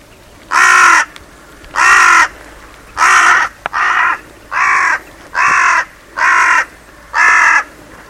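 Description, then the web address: Bird calls: eight harsh, raspy caws of about half a second each, repeated roughly once a second at an uneven pace. "Deverinetal 2025. Bird Only"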